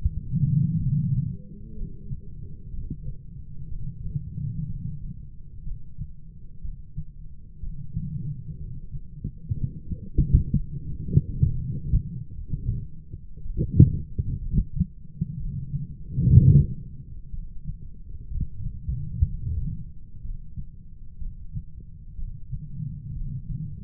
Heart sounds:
heart sounds by stethoscope; 62 bpm
0.80 s: heartbeat
1.77 s: heartbeat
2.72 s: heartbeat
3.70 s: heartbeat
4.68 s: heartbeat
5.66 s: heartbeat
6.63 s: heartbeat
7.61 s: heartbeat
8.60 s: heartbeat
9.57 s: heartbeat
10.53 s: heartbeat
11.51 s: heartbeat
12.48 s: heartbeat
13.44 s: heartbeat
14.41 s: heartbeat
15.39 s: heartbeat
16.36 s: heartbeat
17.32 s: heartbeat
18.30 s: heartbeat
19.27 s: heartbeat
20.23 s: heartbeat
21.21 s: heartbeat
22.18 s: heartbeat
23.15 s: heartbeat
From the record:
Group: heart failure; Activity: rest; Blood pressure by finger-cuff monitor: 110/77 mmHg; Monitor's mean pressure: 90 mmHg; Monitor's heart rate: 62 bpm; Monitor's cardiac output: 5.8 L/min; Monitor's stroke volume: 93 mL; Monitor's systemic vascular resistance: 1160 dyn s/cm5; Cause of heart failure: non-ischemic cardiomyopathy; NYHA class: 1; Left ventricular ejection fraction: 25%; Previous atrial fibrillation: present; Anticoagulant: apixaban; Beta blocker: bisoprolol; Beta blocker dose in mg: 7.5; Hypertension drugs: sacubitril-valsartan, spironolactone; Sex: male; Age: 48 years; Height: 183 cm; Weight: 96 kg

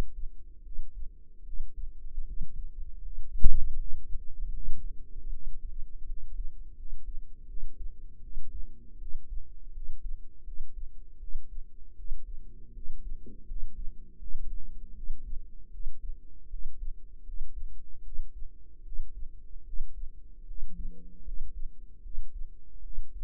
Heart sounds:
heart sounds by microphone in the right ear; 78 bpm
0.61 s: heartbeat
1.42 s: heartbeat
2.23 s: heartbeat
3.00 s: heartbeat
3.75 s: heartbeat
4.51 s: heartbeat
5.28 s: heartbeat
6.04 s: heartbeat
6.74 s: heartbeat
7.45 s: heartbeat
8.19 s: heartbeat
8.97 s: heartbeat
9.71 s: heartbeat
10.43 s: heartbeat
11.18 s: heartbeat
11.94 s: heartbeat
12.72 s: heartbeat
13.45 s: heartbeat
14.17 s: heartbeat
14.92 s: heartbeat
15.69 s: heartbeat
16.47 s: heartbeat
17.23 s: heartbeat
18.01 s: heartbeat
18.82 s: heartbeat
19.63 s: heartbeat
20.44 s: heartbeat
21.22 s: heartbeat
22.00 s: heartbeat
22.80 s: heartbeat
From the record:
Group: healthy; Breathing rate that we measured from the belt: 17 breaths a minute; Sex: female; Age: 19 years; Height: 163 cm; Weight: 48.9 kg

